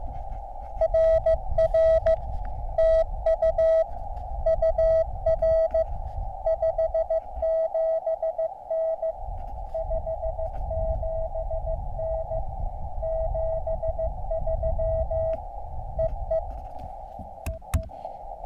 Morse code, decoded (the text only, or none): RR TU UR 57N 57N 73 EE EE